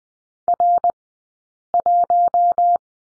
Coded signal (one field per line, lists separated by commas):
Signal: Morse code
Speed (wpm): 20 wpm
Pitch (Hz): 700 Hz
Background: none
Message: R1